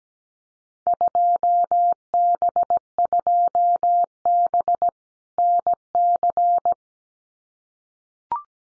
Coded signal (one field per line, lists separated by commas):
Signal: Morse code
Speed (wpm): 17 wpm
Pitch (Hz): 700 Hz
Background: none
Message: 2B2B NC